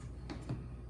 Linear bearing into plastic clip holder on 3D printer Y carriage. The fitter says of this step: hear it pop.